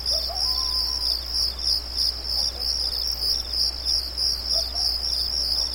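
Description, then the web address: Crickets chirp in a continuous high, pulsed chorus; a faint low whistle and a few soft calls from another creature appear behind them. Night ambience of light, high-pitched, rhythmic crickets. "Nature Ambiences Night Ambience Light High-pitched Crickets Rhythmic"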